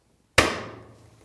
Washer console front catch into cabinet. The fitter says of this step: and then bring the front of the console down until you hear that catch snap into place